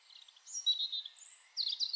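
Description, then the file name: European robin song: thin, high, wavering notes with a brief high whistle, ending in two bright, rapid trilled bursts. "Erithacus rubecula"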